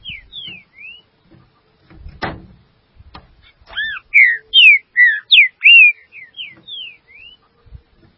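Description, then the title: Green-winged saltator singing: soft downslurred whistles, then a sharp thump, then a run of several loud arched and falling whistled notes, followed by quieter slurs. "Trinca Ferro"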